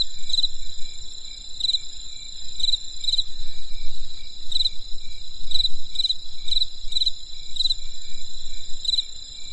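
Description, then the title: Insects calling with a constant high ringing note and clusters of quick chirps spaced unevenly, over a faint low rumble. Insects calling on a winter night in the countryside. "There was a crisp sound of insects in the winter night. Come and experience a sound therapy feast from the countryside"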